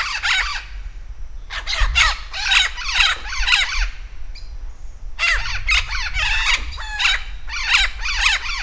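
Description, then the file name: Vinaceous-breasted amazon calling in loud, harsh, squawking bursts, rapidly repeated in two long series separated by a short pause, with low background rumble. Recorded at Campos do Jordão, São Paulo state, Brazil, on 3-12-09. "Amazona-vinacea-PECampos-do-Jordao SP-Brazil"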